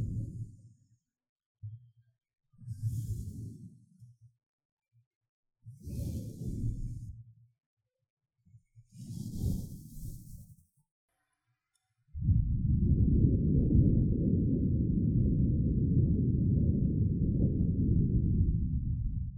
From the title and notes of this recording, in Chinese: 吹氣&&撫摸麥克風。Ear Blowing & Mic Touching, Brushing。NO Talking。